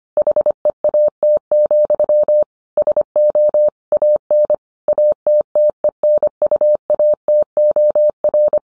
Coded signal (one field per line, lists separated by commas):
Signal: Morse code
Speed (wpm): 25 wpm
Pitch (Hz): 600 Hz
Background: none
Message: HEAT, SO AN ATTENUATOR